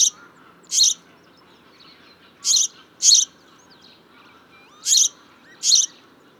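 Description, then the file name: House sparrow giving several brief bright chirps, spaced unevenly and sometimes in pairs. "Passer domesticus"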